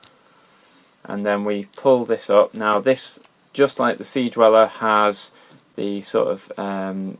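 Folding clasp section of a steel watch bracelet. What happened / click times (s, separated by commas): A clasp section flicks open / 0.0 s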